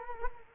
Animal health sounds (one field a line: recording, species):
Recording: mosquito wingbeat signal from an infrared sensor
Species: Culex quinquefasciatus